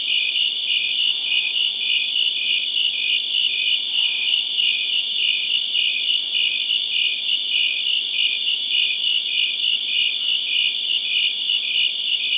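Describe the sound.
Crickets chirping in a dense chorus, high pulsed trills continuing steadily throughout.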